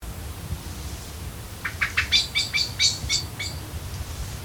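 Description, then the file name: Common blackbird uttering a rapid series of sharp, high call notes, with low background rumble throughout. "Turdus merula"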